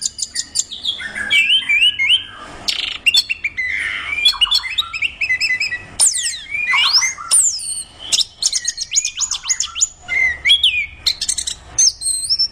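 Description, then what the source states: Orange-headed thrush in lively varied song, mixing fluty whistles, swooping slurs and quick chattering notes in a near-continuous stream. Described as gacor, meaning singing vigorously and constantly.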